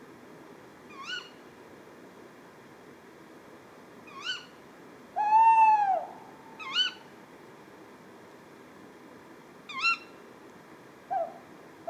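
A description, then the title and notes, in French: A pair of tawny owls calls at night: short, sharp rising "kewick" cries come every two to three seconds, and near five seconds a longer, louder wavering hoot answers. A steady low murmur of background noise runs underneath throughout. Etang de Beaumont - Drôme - Nagra seven - Telinga pro7 stéréo. Cela fait une heure que je cherche à contourner le dévidoir de l'étang pour trouver un lieu propice à enregistrer correctement des crapauds et c'est un couple de Chouette hulotte (Strix aluco) qui va faire le spectacle.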